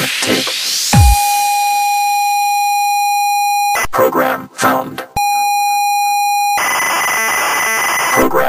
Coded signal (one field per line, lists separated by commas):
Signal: ZX Spectrum tape loading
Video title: Sparky - Press Play On Tape (And Play With My Joystick)